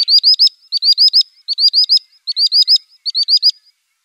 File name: Common Sandpiper